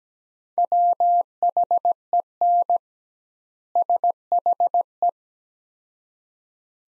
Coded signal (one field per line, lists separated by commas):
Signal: Morse code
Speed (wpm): 17 wpm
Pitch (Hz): 700 Hz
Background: none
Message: WHEN SHE